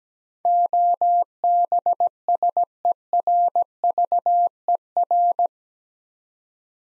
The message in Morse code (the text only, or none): OBSERVER